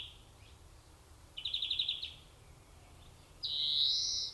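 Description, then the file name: European greenfinch calling, with a quick, even trill followed by a drawn-out, buzzy wheeze. "Chloris chloris"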